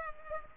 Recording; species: mosquito wingbeat signal from an infrared sensor; Culex pipiens